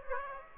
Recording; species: mosquito wingbeat signal from an infrared sensor; Aedes aegypti